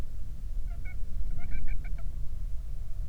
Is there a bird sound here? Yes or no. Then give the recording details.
yes. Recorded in the Prudhoe Bay oil fields, Alaska, on 31 July 2019 at 07:50. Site 24